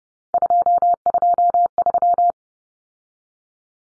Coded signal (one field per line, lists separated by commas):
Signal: Morse code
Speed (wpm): 30 wpm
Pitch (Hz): 700 Hz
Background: none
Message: 223